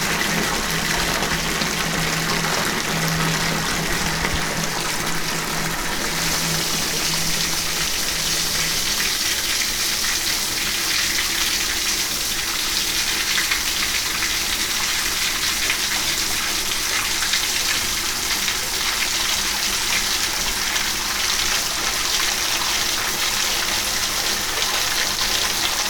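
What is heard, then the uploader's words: Water runs steadily from a tap into a bathtub, a constant bright rushing hiss with no breaks. Around six seconds the stream grows brighter and fuller, and a low hum heard early on fades out shortly after. The level stays even throughout. Filling Up the Bathtub.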